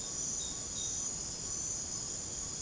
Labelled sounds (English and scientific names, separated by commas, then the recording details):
none
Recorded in secondary vegetation near Puerto Asís, Putumayo, Colombia, on 21 December 2024 at 01:00
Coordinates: 0.489, -76.322
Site G059